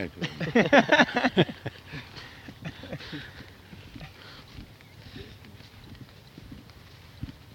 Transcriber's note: laughter